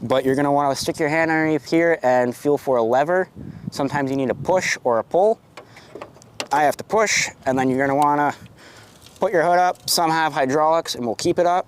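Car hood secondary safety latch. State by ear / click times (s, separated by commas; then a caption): released / 6.4 s. A hand reaches under the front edge of a car's popped hood and pushes the secondary safety latch lever while someone talks. A few small knocks come first, then a sharp metallic clack at 6.4 s as the latch releases and the hood comes free, and the talking continues.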